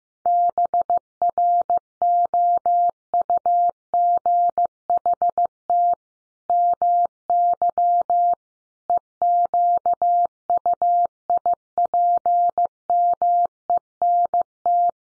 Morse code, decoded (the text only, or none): BROUGHT MY EQUIPMENT